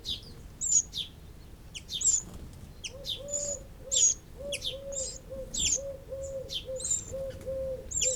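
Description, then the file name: Eurasian wren calls: rapid high chips repeated unevenly, with a soft low repeated hooting series in the background. "Troglodytes troglodytes"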